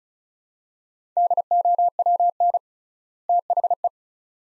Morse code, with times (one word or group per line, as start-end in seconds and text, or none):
1.2-2.6 DOWN
3.3-3.9 THE